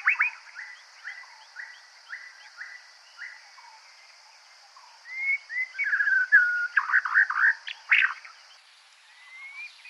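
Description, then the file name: White-rumped shama: a string of short whistled notes, then a burst of rich, rapid warbling phrases, over a constant high tone. Subspecies leggei, recorded in Sri Lanka. "Copsychusmalabaricusleggei LK"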